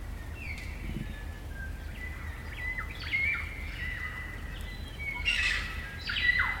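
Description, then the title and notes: Kaka chorus: several faint overlapping whistles and swoops, growing louder toward the end with a burst of harsher notes. Kaka, a large parrot, singing eerie dusk chorus in late spring at Karori Sanctuary near Wellington, New Zealand. "It's late spring at the Karori Sanctuary near Wellington, New Zealand and the kakas – a large species of parrot – are singing their eerie dusk chorus. Recorded by Margaret Bartlett."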